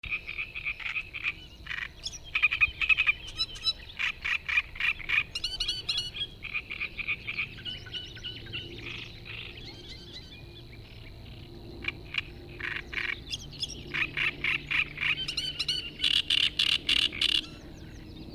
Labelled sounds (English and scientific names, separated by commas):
Great Reed Warbler (Acrocephalus arundinaceus) song